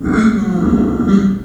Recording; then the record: squeal of a Yucatan mini pig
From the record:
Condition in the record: after surgery on the right vocal fold (resection and tissue-engineered implant); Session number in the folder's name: 6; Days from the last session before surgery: 40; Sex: female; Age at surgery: 19 weeks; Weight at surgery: 25 kg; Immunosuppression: prednisolone